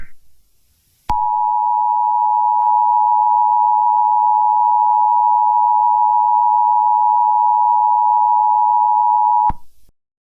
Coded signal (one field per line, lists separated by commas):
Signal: Emergency Alert System (SAME) tones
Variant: 853 and 960 Hz attention tone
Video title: EAS Scenario | Knox County Outbreak.